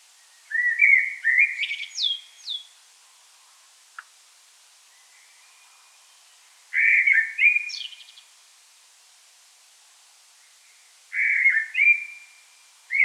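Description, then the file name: Common blackbird singing fluty phrases, some ending in thin, high squeaky notes, with long pauses between bursts and a faint click in between. "Turdus merula"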